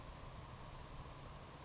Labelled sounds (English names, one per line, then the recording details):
Savannah Sparrow
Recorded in Sonoma County, California